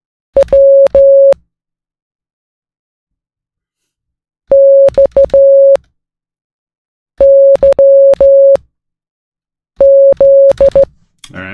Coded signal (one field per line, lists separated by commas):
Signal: Morse code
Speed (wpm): 14 wpm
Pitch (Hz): 550 Hz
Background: music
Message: W XYZ